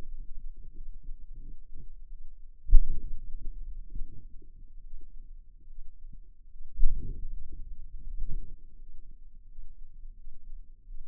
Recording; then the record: forearm muscle sounds (acoustic myography)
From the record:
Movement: hand opening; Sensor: system 2, bracelet of six BSWA MPA416 microphones around the upper forearm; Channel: 4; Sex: female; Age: 23 years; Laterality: right